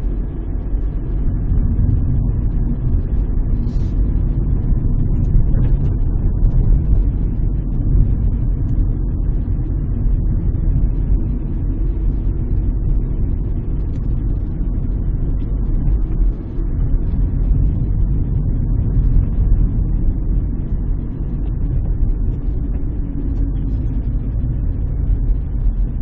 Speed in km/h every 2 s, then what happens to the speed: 35, 38, 36, 34, 34, 35, 34, 34, 34, 32, 31, 26, 21.
0-17 steady at about 34. 17-26 slows to 21.